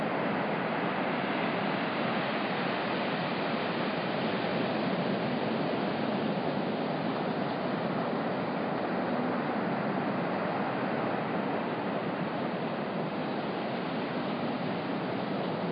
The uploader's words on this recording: Sounds of the Atlantic Ocean surf at night along Daytona Beach in Florida in October 2013. Daytona Night Surf.